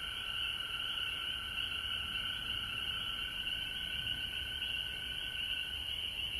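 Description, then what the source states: Frogs calling in a dense continuous chorus, a steady high trilling drone with a second lower steady band, unbroken throughout. Recorded at home in Georgia on March 19, 2020.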